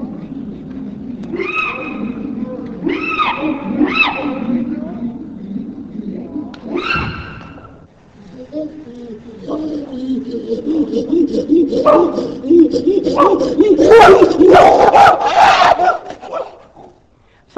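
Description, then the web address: Pan ape (chimpanzee or bonobo) hoots: a run of harmonic hoo calls over low grunting, building into a loud, rough chorus of screams and barks from several animals. "LIVING LINKS av chimp bonobo vocals"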